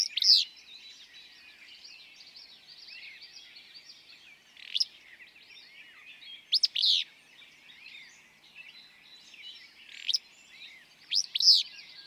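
Willow flycatcher singing its snappy two-part song several times, a clipped note then a burry slur, with a chorus of birds throughout.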